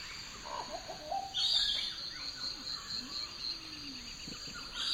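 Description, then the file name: Bird chirps: scattered high bright notes and a few lower whistled slurs, loosely spaced, over steady background hiss. Bird fluttering in a forest. "Bird Flutter in the Forrest"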